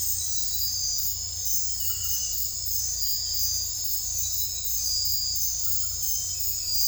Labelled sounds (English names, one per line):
none